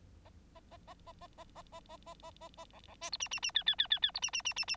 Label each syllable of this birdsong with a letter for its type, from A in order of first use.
A A A A A A A A A A A A A A B B C D E E E F F F F F D E E E E E